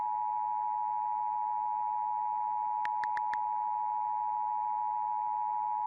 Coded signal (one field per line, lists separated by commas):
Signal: Emergency Alert System (SAME) tones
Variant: 853 and 960 Hz attention tone